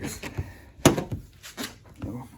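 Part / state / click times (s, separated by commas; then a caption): rubber window weather stripping onto car door window flange / seated / 0.9 s. On a 2015 Civic, a rubber window weather strip is pushed down onto the car door's metal window flange so its retaining clips seat, while someone talks. A sharp snap at 0.9 s marks the strip seating into place, followed by fainter clicks and rustling. The weather stripping is seated.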